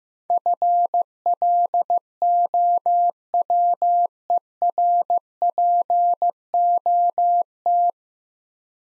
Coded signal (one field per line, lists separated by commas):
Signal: Morse code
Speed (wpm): 16 wpm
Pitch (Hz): 700 Hz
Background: none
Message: FLOWERPOT